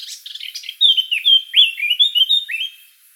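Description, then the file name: Eurasian blackcap song, soft scratchy chatter followed by strong, clear, fluting whistles. "Sylvia atricapilla"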